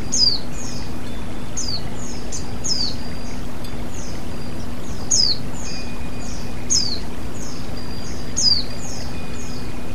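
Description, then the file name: White-eye calls: high, thin, sharply falling chirps in quick little bursts, repeated at irregular short intervals over a steady low hum. Female. "terapi alam pleci betina"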